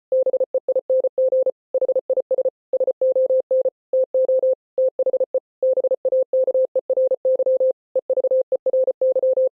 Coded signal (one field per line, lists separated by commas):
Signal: Morse code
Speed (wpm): 33 wpm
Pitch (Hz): 520 Hz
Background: none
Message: BEING HIS SON TO THE BAKERY EVERY